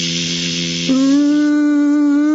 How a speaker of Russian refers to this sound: А давайте я вам встречный вопрос задам. Когда комар летит, он какой звук издает? Чем делает?